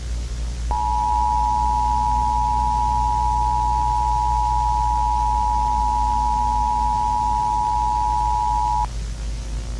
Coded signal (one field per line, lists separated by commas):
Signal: Emergency Alert System (SAME) tones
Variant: 853 and 960 Hz attention tone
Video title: EAS Scenario #6 - Natures Slice